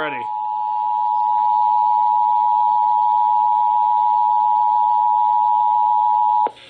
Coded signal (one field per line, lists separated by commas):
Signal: Emergency Alert System (SAME) tones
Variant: 853 and 960 Hz attention tone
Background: speech